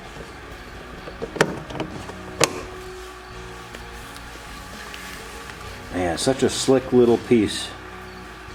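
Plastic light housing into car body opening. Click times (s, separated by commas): 1.4 s, 2.4 s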